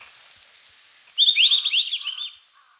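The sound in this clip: White-browed bush robin delivering one quick, tumbling phrase of high zigzag notes lasting about a second, softer lower notes trailing behind.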